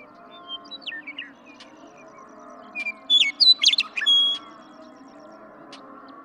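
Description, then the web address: Western meadowlark song: a few soft introductory notes, then a loud flute-like jumble of gurgling whistles lasting about a second and a half, over a low background drone. "birdsongforthecurious songs Western Meadowlark"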